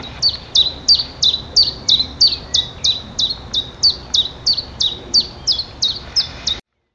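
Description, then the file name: Common chiffchaff song: a steady run of about twenty bright, high, downslurred notes, roughly three per second, over a faint low background hiss. "zilpzalp"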